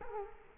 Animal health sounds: mosquito wingbeat signal from an infrared sensor; Culex quinquefasciatus

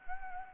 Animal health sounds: mosquito wingbeat signal from an infrared sensor; Anopheles gambiae

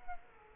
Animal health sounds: mosquito wingbeat signal from an infrared sensor; Culex quinquefasciatus

